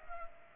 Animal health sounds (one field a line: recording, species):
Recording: mosquito wingbeat signal from an infrared sensor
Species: Culex pipiens